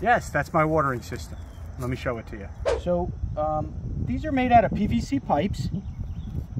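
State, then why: Not seated. Someone talks while handling a PVC pipe of a garden watering system near a plastic quick-connect fitting, with faint low background rumble throughout. The pipe has not yet been pushed home, and nothing has seated or clicked yet.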